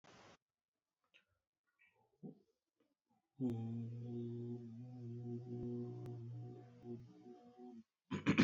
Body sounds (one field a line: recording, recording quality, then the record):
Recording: sustained vowel as in boot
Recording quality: excellent, no background noise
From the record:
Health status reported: COVID-19 positive, mild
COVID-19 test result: positive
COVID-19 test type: RT-PCR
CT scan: not taken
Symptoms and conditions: cough, cold, sore throat, fatigue, muscle pain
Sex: male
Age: 26 years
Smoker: no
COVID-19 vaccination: both doses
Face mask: not worn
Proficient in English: yes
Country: India